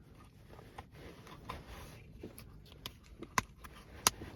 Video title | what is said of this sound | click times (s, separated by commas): Ford Focus 2015 Passenger side window switch repair￼ | snaps in place nice and easily | 3.4 s, 4.1 s